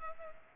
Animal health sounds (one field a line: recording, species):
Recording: mosquito wingbeat signal from an infrared sensor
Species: Culex pipiens